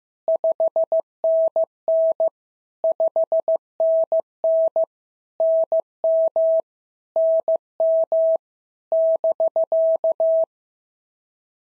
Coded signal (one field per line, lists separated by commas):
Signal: Morse code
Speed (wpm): 15 wpm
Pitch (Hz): 650 Hz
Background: none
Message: 5NN 5NN NM NM <BK>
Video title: POTA QSO Practice - 15wpm